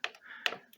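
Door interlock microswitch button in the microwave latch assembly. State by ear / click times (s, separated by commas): not seated / none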